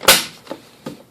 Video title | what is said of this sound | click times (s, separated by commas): Replace 2008-2010 Honda Accord Side Mirror, How to Change Install 2009 HO1321227 76208-TE0-A01 | you hear a satisfying click and you're done | 0.1 s